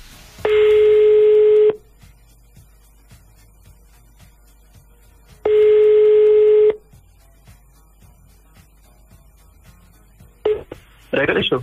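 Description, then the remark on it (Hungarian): A telephone rings out twice over a quiet line as a radio morning show calls a listener, each steady, buzzing ring tone lasting just over a second with a long pause between, then a brief clatter as the call connects. “Hívjuk a nap hallgatóját.”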